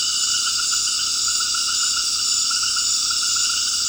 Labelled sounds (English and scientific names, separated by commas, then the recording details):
none
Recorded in dense forest near Puerto Asís, Putumayo, Colombia, on 19 February 2024 at 19:00
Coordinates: 0.481, -76.318
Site G6421